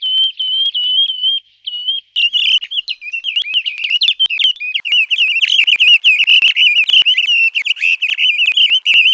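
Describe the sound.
Bird song: a high whistled tone gives way to fast, jittery warbling notes that wobble up and down continuously, with brief clicks scattered through.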